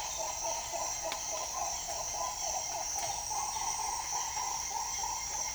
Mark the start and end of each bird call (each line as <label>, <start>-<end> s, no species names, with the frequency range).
bird call (0.2-3.2 kHz), 0.00-5.54 s